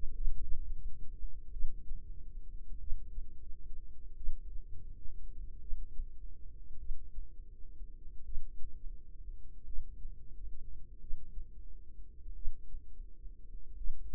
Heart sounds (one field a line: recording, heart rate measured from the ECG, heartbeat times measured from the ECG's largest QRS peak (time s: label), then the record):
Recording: heart sounds by microphone in the right ear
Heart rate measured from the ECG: 44 bpm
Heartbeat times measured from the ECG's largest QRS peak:
0.14 s: heartbeat
1.52 s: heartbeat
2.79 s: heartbeat
4.16 s: heartbeat
5.60 s: heartbeat
6.78 s: heartbeat
8.24 s: heartbeat
9.65 s: heartbeat
10.99 s: heartbeat
12.34 s: heartbeat
13.76 s: heartbeat
From the record:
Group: healthy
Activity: rest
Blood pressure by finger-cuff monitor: 106/61 mmHg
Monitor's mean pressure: 76 mmHg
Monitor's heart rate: 44 bpm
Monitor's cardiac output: 4.3 L/min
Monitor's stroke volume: 96 mL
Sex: female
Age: 36 years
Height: 163 cm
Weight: 88 kg